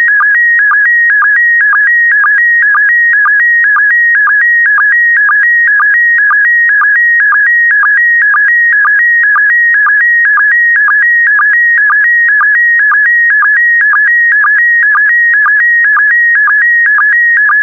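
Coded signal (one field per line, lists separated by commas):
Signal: SSTV (slow-scan television)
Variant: PD120 mode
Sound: warbling steady tone with quick low blips repeating about twice a second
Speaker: complete. You can now check your decoded image against the picture that is shown on the video.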